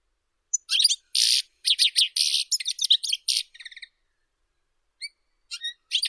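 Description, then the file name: European goldfinch song: a burst of scratchy, buzzy chirps and twitters lasting about three seconds, a thin trill, then a few scattered sharp notes. "Golosa ptic - CSHegol Carduelis carduelis"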